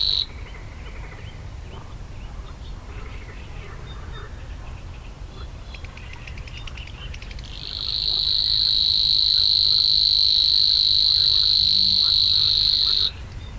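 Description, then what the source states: Savi's warbler song: a short buzzy burst at the start, then quieter bird chatter, before a sustained high reeling trill begins and runs for about five seconds and stops. Slatina pond, Prague, Czech Republic; 16 June 2013, 21:31–21:35 CEST; only regular Prague site, breeding there yearly in several pairs; at least two breeding pairs in 2013.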